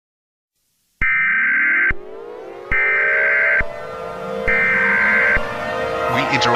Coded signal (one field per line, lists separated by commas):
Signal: Emergency Alert System (SAME) tones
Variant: header bursts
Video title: EAS Scenario #65: Attack of The Killer Scorpions